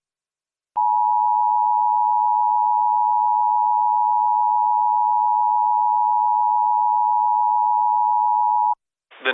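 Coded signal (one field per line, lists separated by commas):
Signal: Emergency Alert System (SAME) tones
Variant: 853 and 960 Hz attention tone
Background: speech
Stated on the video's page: Reenactment mock of an Extreme Wind Warning with valid EAS tones.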